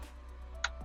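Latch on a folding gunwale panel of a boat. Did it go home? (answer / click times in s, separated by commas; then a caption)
yes / 0.6 s. A hinged cup-holder piece on the gunwale of a Scout 425 LXF boat is folded shut and its latch is engaged. A single sharp tick-like click sounds at 0.6 s over a steady low hum as the latch locks the piece into place so it will not vibrate or move around. No one talks.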